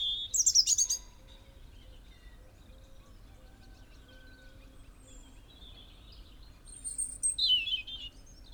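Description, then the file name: European robin song, a quick high jangling phrase at the start, then a long pause with faint low piping notes from another bird, then a second high phrase. "Erithacus rubecula"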